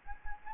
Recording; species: mosquito wingbeat signal from an infrared sensor; Anopheles gambiae